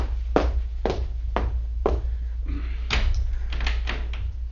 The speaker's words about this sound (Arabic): من؟ انتظر يا من تطرق الباب.